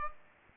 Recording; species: mosquito wingbeat signal from an infrared sensor; Aedes aegypti